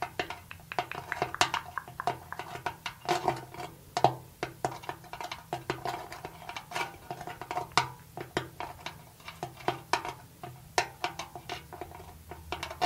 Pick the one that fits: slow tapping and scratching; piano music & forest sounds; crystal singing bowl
slow tapping and scratching